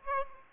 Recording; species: mosquito wingbeat signal from an infrared sensor; Aedes aegypti